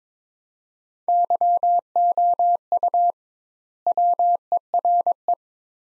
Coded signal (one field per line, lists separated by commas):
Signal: Morse code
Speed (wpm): 22 wpm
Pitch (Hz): 700 Hz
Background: none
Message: YOU WERE